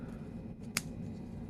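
A folding knife blade is opened and its steel lock bar snaps into place behind it. One sharp, bright click sounds at 0.8 s over a low, steady background hum, showing the lock has engaged.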